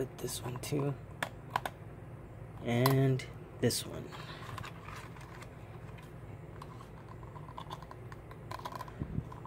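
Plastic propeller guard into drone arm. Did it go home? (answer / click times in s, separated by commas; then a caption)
no / none. A plastic propeller guard is being handled and fitted toward an arm of a Powerextra drone with a 1080p camera, with scattered light plastic taps and clicks from handling while someone talks. The guard has not seated or clicked into place yet.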